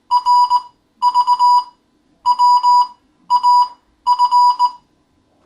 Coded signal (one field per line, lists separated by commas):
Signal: Morse code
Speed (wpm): 19 wpm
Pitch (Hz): 980 Hz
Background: none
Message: R V W A F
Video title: Morse Code Intermediate Class 7